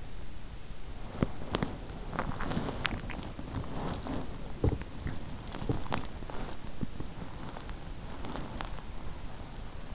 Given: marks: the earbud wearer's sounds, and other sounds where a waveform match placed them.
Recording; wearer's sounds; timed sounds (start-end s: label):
sounds in sleep by an in-ear microphone; body movement, swallowing
0.00-8.34 s: body movement
2.50-3.17 s: swallowing
5.58-6.37 s: swallowing